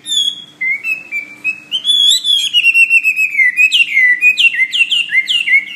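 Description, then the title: Bird song with rolling warbled phrases drifting downward, then breaking into quick repeated bright chirps. "SuaraBurung Kicau"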